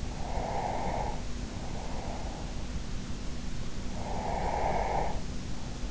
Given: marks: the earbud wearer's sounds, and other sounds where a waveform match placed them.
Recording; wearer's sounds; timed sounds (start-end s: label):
sounds in sleep by an in-ear microphone; breath
0.14-2.70 s: breath
3.84-5.91 s: breath